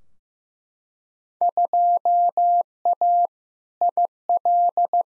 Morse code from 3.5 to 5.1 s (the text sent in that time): IL